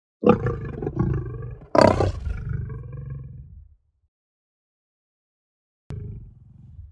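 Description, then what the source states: Lion snarling, two harsh growling bursts with rough low rumbling that fade out, a pause of silence, then a low breathy growl returns. Calm breathing then a snarl.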